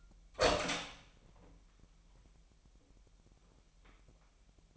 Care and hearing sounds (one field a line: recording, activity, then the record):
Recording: daily activity, microphone in the room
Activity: open door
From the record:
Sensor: 1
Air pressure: 998.4 hPa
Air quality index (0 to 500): 133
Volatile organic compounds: 4 ppm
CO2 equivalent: 1589 ppm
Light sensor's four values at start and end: 18/61/24/25 and 18/61/24/25